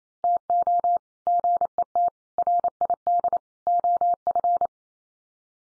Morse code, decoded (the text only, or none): TO GET RID OF